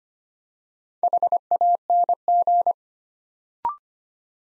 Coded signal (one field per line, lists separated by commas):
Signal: Morse code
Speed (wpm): 25 wpm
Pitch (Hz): 700 Hz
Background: none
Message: HANG